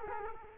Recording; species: mosquito wingbeat signal from an infrared sensor; Culex quinquefasciatus